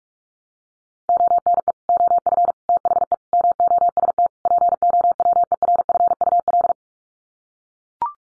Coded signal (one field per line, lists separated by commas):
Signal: Morse code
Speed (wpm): 44 wpm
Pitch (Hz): 700 Hz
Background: none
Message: ONE OF THE MOST POWERFUL